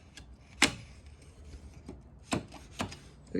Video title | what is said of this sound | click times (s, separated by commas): Honda CRF250R 2010 build part 3 - giving my forks a birthday | all clicked and gone home. | 0.6 s